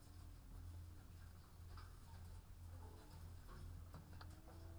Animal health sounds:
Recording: poultry house recording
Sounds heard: sick chickens (respiratory disease)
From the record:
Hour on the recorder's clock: 15

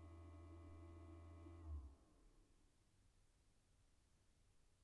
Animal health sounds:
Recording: poultry house recording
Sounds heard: no chicken sound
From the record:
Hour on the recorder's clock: 0

